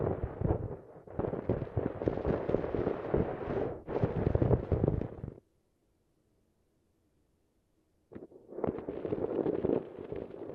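Harsh, dense crackling and popping, like a long string of firecrackers, roars from the start, with brief dips near one and four seconds. It cuts off abruptly at about five seconds, leaving near silence, then bursts back in around eight seconds and continues to the end.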